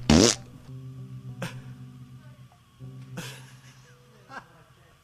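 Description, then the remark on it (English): A loud opening burst gives way to a long, low, buzzing fart that rumbles on for several seconds, broken by a couple of sharper sputters along the way. “Mashed potatoes, sausages and gravy makes you fart an awful lot.”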